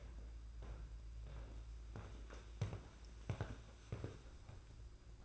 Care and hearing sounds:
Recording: daily activity, microphone in the room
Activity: walk to room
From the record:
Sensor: 2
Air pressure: 991.9 hPa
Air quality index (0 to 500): 232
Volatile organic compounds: 1000 ppm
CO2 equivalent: 7808 ppm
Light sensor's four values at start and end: 18/58/22/21 and 11/37/14/14

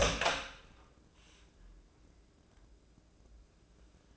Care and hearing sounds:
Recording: daily activity, microphone in the room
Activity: open door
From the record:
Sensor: 2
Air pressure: 1012.2 hPa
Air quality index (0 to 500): 161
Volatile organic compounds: 2 ppm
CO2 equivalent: 1175 ppm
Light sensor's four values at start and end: 385/963/390/408 and 381/954/387/404

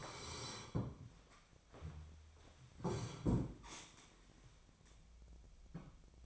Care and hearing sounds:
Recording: daily activity, microphone in the room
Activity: sit down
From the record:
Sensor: 1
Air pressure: 1015.2 hPa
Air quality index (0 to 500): 156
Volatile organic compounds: 9 ppm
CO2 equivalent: 2161 ppm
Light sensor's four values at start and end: 12/30/12/13 and 12/30/12/13

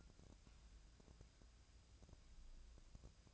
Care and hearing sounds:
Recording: daily activity, microphone in the room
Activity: take from stove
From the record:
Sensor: 2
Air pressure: 999.8 hPa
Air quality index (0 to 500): 123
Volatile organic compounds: 2 ppm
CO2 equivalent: 1056 ppm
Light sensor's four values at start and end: 36/89/39/44 and 36/89/39/44

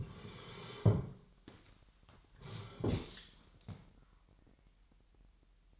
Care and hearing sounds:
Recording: daily activity, microphone in the room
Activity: sit down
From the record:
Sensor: 3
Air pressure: 998.6 hPa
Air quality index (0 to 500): 128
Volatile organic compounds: 3 ppm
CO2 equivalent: 1524 ppm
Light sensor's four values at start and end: 8/17/7/8 and 7/18/7/8

